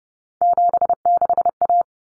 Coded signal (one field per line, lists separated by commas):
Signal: Morse code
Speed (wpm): 30 wpm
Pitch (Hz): 700 Hz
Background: none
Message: 76A